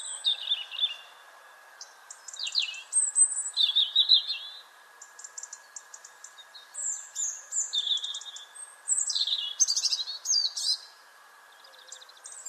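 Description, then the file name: European robin song of varied high phrases, some trilled, some liquid and descending, repeated with short pauses throughout; steady low hiss beneath. "Erithacus rubecula"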